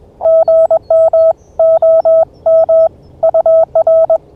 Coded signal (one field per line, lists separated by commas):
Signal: Morse code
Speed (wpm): 20 wpm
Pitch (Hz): 660 Hz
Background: none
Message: GM OM UR